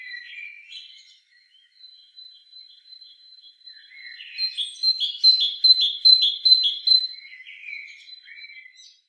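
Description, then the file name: Great tit singing a bright, rhythmic series of repeated paired notes between softer scratchy chirps, with a thin high whine behind for most. "Parus major"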